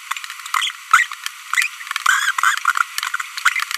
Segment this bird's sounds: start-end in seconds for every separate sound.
0.54-0.70, 0.91-1.05, 1.53-1.67, 2.06-2.31